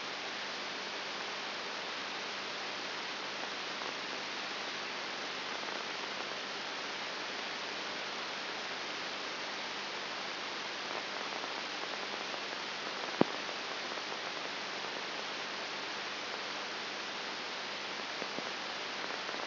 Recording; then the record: brain microelectrode recording played as sound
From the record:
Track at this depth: inside the subthalamic nucleus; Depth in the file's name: 6.3 mm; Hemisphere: right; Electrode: 3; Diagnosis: Parkinson's disease